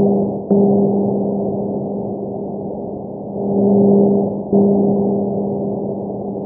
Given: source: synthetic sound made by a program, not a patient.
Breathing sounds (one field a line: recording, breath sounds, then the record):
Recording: synthetic breath sounds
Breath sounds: bronchial breath sounds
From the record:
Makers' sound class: normal breath sounds